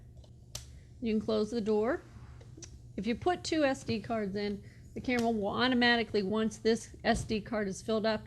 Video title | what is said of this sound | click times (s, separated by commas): How to put the SD cards in the cameras and how to change the formatting | and you'll hear a little snap. | 0.6 s